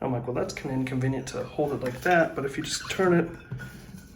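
Someone talks while turning the plastic lid on a Stanley Adventure Quencher insulated tumbler so the straw opening faces the other side, with faint handling sounds under the speech. The lid has not clicked into its rotated position yet.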